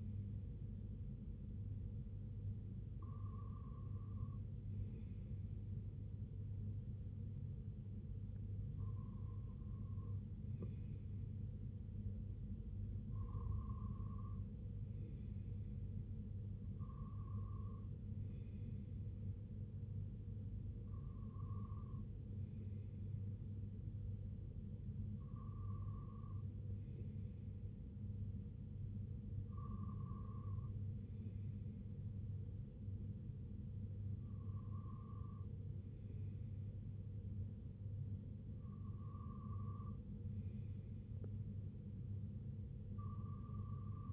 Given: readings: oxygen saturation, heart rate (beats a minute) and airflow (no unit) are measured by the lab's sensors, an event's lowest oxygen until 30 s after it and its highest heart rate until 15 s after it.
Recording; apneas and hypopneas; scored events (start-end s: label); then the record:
breathing in sleep by a smartphone at the bedside; none
none scored
From the record:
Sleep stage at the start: N2 (light sleep); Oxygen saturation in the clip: 92 to 95%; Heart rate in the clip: 62 to 73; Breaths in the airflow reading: 10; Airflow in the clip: -5.9 to 3.4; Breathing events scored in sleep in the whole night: 258 in 7.4 hours asleep